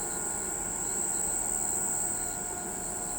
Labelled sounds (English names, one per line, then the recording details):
none
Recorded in pastures near Pivijay, Magdalena, Colombia, on 13 April 2023 at 03:00
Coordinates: 10.456, -74.369
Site P6-G026